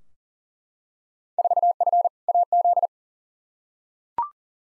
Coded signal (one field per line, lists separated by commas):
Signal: Morse code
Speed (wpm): 40 wpm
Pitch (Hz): 700 Hz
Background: none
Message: 4F AZ